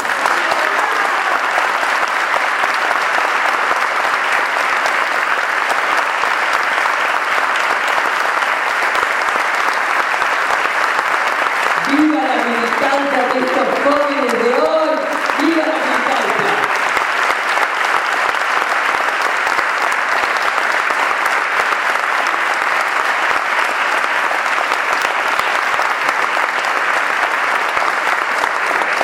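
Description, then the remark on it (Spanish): A crowd claps steadily for nearly half a minute, a loud, dense wash of applause that barely varies, with a brief burst of voices calling out partway through, applauding at a talk after a cheer for the 1970s political militants. “Realmente es un orgullo, por eso yo siempre digo, y vamos a aplaudir, ¡viva la militancia setentista!”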